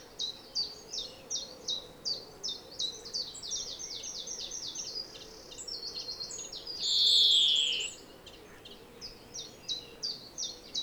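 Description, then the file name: European greenfinch chirping steadily, almost three notes a second, speeding into a twittering run, then one long wheeze before the chirps resume. "Chloris chloris"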